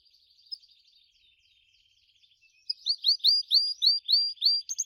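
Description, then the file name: Gloster canary song: soft scratchy twittering at first, then a loud series of repeated curved whistled notes, closing with quick high chips. "canto do canario gloster"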